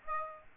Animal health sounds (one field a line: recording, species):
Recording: mosquito wingbeat signal from an infrared sensor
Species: Aedes aegypti